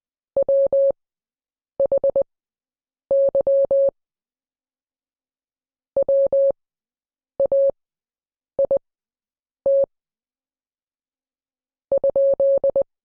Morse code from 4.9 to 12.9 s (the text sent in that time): WAIT ?